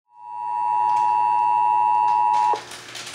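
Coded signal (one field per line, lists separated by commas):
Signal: Emergency Alert System (SAME) tones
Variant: 853 and 960 Hz attention tone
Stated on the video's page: Real Texas required monthly EAS test, as aired on several AM, FM and TV stations.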